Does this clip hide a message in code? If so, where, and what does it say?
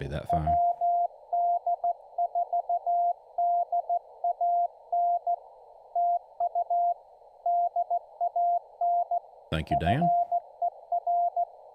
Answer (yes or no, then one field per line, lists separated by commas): yes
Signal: Morse code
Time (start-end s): 0.3-11.4 s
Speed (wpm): 16 wpm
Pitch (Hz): 700 Hz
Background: speech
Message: WD4DAN TU DAN FER